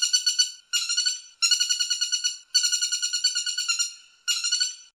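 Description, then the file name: Woodpecker call, harsh buzzy notes given in short rapid rattling series, separated by brief pauses. Common Flameback (pelatuk bawang) together with a pygmy woodpecker (caladi). "Kombinasi pelatuk bawang caladi"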